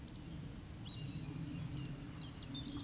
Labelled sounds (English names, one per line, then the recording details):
Eurasian Woodcock whistle
Eurasian Woodcock croak
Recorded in Baden-Württemberg, Germany, on 19 May 2021 at 19:34 UTC
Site 24608, 624 m above sea level